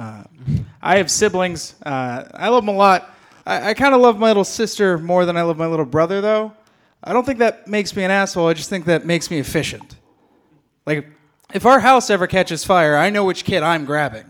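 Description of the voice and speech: An adult male comedian tells a stand-up joke in clear, fluent speech with an ordinary voice, rhythm and pauses.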